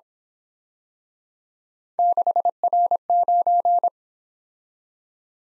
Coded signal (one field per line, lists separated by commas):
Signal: Morse code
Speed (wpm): 27 wpm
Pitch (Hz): 700 Hz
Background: none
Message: 6R9